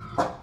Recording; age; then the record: pig call; growing-finishing pig (85 days or more)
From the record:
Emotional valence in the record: positive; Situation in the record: run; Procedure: transit